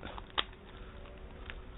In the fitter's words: c'est là que se clipse le téléphone alors tout de suite donc